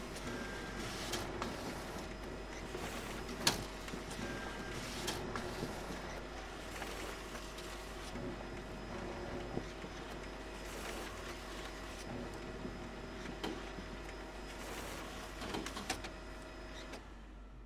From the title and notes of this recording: As I am getting ready to proof-read a compendium I have been working on, the printer is doing what it does best.